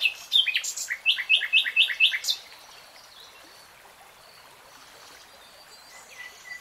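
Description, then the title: Nightingale song: a lively run of loud repeated chirps and whistles for two seconds, then quiet with faint notes. "[Tiếng chim hót] REALTIME Nightingale Singing"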